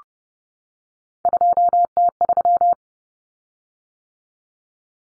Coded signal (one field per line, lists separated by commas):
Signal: Morse code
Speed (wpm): 30 wpm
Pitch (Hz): 700 Hz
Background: none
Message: 2T3